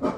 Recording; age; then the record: pig call; growing-finishing pig (85 days or more)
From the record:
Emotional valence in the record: positive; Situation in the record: run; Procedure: transit